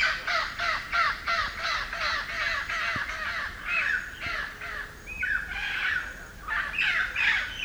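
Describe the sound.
Red-crowned parrot calls: harsh, grating squawks in a fast repeated series, several per second, then looser, more varied raucous notes toward the end.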